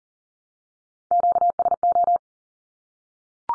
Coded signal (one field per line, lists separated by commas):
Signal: Morse code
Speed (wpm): 40 wpm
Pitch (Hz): 700 Hz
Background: none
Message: QSO